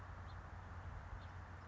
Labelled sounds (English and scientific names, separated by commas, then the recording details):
House Finch (Haemorhous mexicanus)
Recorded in Sonoma County, California